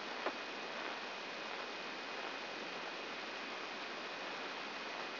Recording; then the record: brain microelectrode recording played as sound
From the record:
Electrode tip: inside the subthalamic nucleus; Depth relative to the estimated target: 1 mm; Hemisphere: left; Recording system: AlphaMap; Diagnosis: Parkinson's disease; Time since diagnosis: 11 years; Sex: female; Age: 62 years